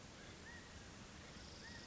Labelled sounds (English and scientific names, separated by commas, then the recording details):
California Quail (Callipepla californica)
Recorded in Sonoma County, California